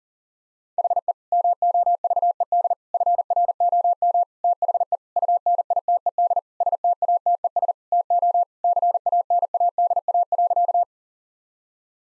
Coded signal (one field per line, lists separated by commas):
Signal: Morse code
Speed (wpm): 40 wpm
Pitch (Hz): 700 Hz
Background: none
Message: HE MOVED FROM THE UNITED STATES TO CANADA.